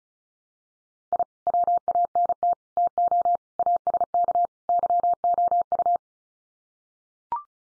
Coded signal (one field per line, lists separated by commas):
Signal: Morse code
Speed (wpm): 34 wpm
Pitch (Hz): 700 Hz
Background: none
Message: I WANT TO ASK YOU